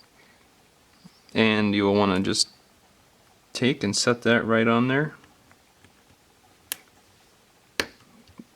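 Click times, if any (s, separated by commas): 6.7 s, 7.8 s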